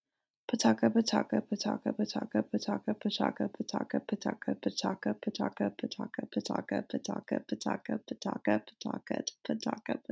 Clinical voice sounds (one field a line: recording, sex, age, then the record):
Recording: repeated syllables /pa ta ka/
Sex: female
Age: 20 to 29 years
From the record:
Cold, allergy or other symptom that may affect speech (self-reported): no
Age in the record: 28 years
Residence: Virginia, United States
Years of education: 16